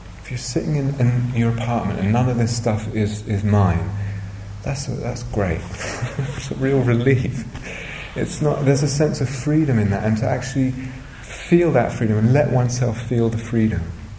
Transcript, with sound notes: If you're sitting in your apartment, and none of the stuff is mine, that's great. [laughs] It's a real relief. There's a sense of freedom in that, and to actually feel that freedom and let oneself feel the freedom.